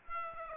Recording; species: mosquito wingbeat signal from an infrared sensor; Aedes aegypti